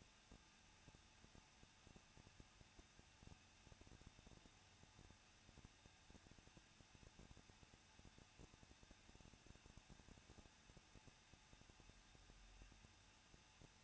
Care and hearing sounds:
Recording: daily activity, microphone in the room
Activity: no activity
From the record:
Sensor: 2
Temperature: 21.0 degrees Celsius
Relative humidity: 37.5%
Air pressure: 1006.2 hPa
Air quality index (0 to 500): 222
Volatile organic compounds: 24 ppm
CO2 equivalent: 2823 ppm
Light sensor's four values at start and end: 2/3/2/2 and 2/3/2/2

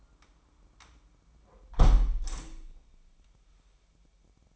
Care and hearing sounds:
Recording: daily activity, microphone in the room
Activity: close window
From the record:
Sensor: 1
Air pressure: 998.7 hPa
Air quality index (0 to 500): 120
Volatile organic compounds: 3 ppm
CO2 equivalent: 1444 ppm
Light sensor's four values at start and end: 8/18/7/9 and 7/17/7/8

